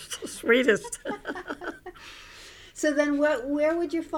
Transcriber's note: they laugh